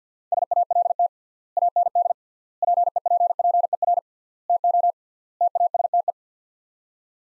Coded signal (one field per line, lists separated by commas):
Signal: Morse code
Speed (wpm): 45 wpm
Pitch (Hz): 700 Hz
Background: none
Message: SALT AND PEPPER TO TASTE